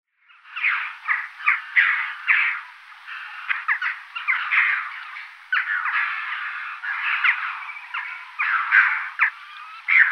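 Red-billed chough giving rough, raspy calls in quick irregular bursts, overlapping into a near-continuous chatter.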